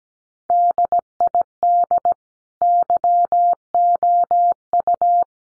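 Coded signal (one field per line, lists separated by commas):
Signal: Morse code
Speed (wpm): 17 wpm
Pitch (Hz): 700 Hz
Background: none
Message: DID YOU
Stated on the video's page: Morse practice of sentences built from the top 100 words at 17 wpm, each sent, spoken, then sent again.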